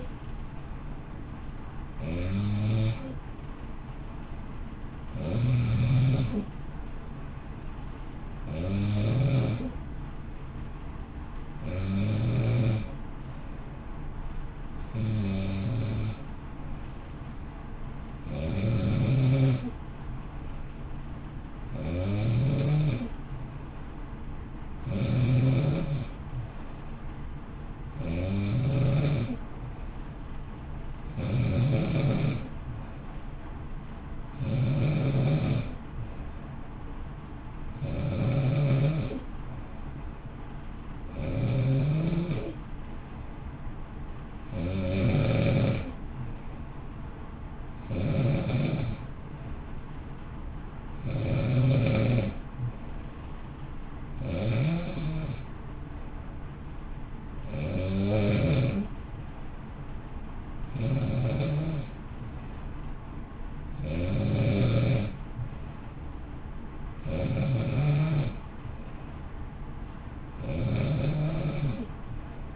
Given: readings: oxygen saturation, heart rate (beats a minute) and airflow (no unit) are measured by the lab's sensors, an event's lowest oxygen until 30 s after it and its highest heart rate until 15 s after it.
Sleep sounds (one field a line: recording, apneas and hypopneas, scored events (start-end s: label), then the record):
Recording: breathing in sleep by a smartphone at the bedside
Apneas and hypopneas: none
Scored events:
none scored
From the record:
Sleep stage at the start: N2 (light sleep)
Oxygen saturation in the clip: 92 to 93%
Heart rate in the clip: 54 to 59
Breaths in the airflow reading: 25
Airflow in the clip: -0.7 to 0.7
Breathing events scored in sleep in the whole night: 328 in 6.3 hours asleep